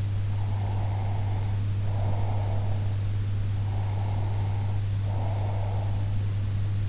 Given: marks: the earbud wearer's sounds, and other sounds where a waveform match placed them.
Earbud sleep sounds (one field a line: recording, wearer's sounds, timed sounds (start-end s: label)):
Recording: sounds in sleep by an in-ear microphone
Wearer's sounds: breath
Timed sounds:
0.31-2.91 s: breath
3.65-6.23 s: breath